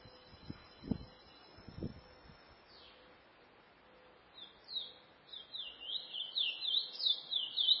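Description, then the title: Chestnut-bellied seed finch song: after a steady high tone and a few low thumps, a fast run of warbled, zigzagging high notes begins and grows louder toward the end. "Canto De Curio"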